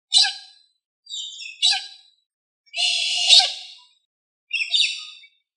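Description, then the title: Australorp chicken giving harsh, raspy squawks in short bursts with pauses between calls, one longer drawn-out cry in the middle. "manok ostrali"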